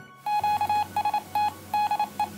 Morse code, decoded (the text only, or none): QST DE